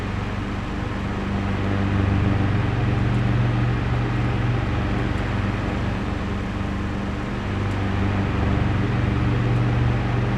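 An antique fan hums steadily, its low drone rising and falling in slow waves, strongest from about two to four seconds and again after seven. A dense, even whir fills the upper range throughout, with a few faint clicks near three, five and eight seconds.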